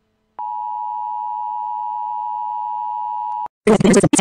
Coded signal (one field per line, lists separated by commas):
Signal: Emergency Alert System (SAME) tones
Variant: 853 and 960 Hz attention tone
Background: speech